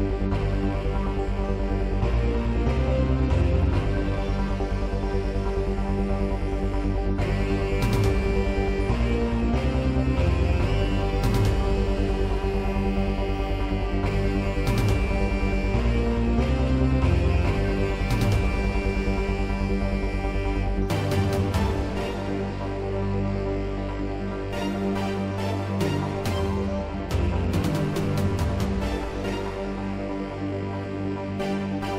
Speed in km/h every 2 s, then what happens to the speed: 119, 119, 118, 116, 114, 111, 111, 111, 109, 109, 111, 111, 113, 114, 116, 116.
0-15 slows to 109. 15-32 steady at about 111.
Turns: none.